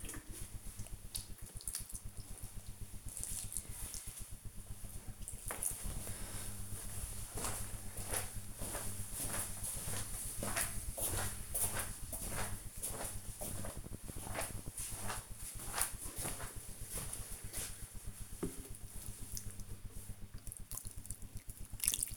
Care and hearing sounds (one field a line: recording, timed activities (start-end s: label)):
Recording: household activities, microphone on the right wrist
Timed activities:
0.00-22.17 s: watering plant